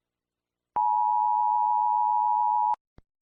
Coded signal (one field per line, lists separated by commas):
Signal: Emergency Alert System (SAME) tones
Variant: 853 and 960 Hz attention tone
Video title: EAS SCENARIO 1: Terrorist Attacks on New Year’s Eve.